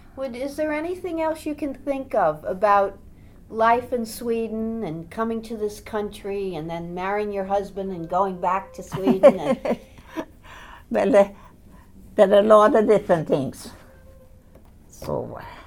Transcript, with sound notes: Well, is there anything else you can think of about life in Sweden and coming to this country and then marrying your husband and going back to Sweden and...
(she laugh) Well, there are a lot of different things. So.